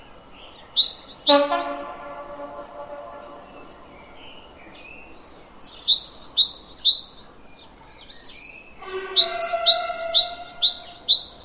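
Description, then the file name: Great tit singing crisp, high two-note phrases in quick runs, interrupted twice by a lower harmonic blare. "Parus major"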